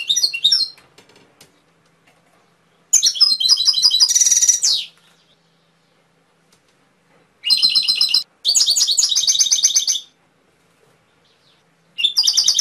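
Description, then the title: Canary singing in several bursts of fast, high, rolling trills and buzzy rattles, separated by silent gaps. Canary training (masteran) recording, full isian style. "mster Mnuk. Masteran Kenari"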